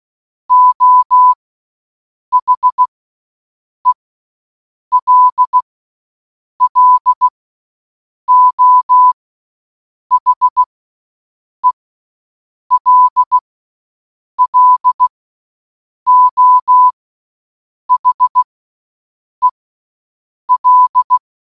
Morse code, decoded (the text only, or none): O HELLO HELLO HEL